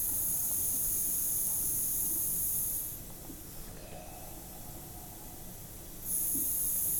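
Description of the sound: Loud hissing inhalations through a mask valve with a quieter pause between: a woman in labour breathing laughing gas (nitrous oxide) through a mask.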